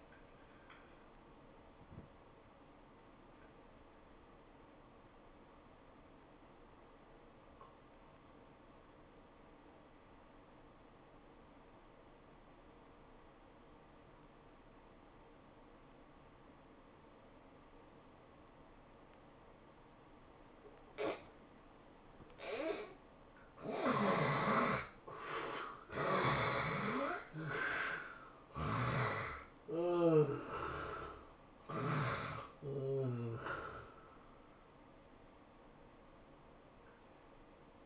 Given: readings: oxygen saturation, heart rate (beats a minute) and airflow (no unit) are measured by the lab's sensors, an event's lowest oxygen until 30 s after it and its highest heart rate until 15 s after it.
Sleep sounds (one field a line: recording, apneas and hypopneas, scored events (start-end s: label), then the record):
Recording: breathing in sleep by a voice recorder at the bedside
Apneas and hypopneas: 1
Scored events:
3.00-25.30 s: obstructive apnea (N2, oxygen 92% highest, then 68% lowest, heart rate 92 at the start, 108 highest)
From the record:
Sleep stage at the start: N2 (light sleep)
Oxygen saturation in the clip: 69 to 93%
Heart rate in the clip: 81 to 108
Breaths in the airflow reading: 6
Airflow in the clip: -10.4 to 12.6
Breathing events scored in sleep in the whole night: 403 in 5.5 hours asleep